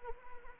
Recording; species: mosquito wingbeat signal from an infrared sensor; Anopheles arabiensis